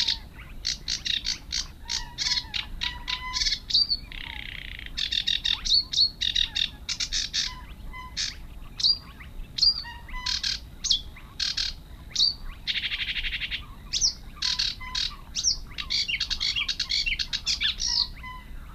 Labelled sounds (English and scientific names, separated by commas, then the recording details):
Sedge Warbler (Acrocephalus schoenobaenus) song
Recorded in the wild
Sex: male
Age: adult
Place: Schwedt/Oder, Nationalpark Unteres Odertal, Brandenburg, DE
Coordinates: 53.1265, 14.3564
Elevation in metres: 1
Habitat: wetland
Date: 2015-04-23
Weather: clear, 4°C, almost windless
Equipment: Sound Devices 702, Sennheiser MKH 70, Rycote Windschutz
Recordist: Frommolt, Karl-Heinz